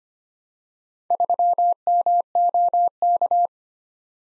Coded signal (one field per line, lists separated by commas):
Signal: Morse code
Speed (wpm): 25 wpm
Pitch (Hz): 700 Hz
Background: none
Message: 3MOK